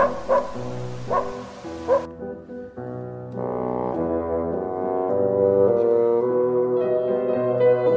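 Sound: dog barking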